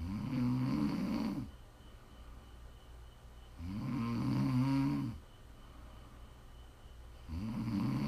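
An adult woman snoring in her sleep: loud, low-pitched snores roughly every three and a half seconds, at about 17 per minute, with quiet breathing between them.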